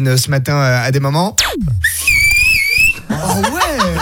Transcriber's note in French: Son de sifflement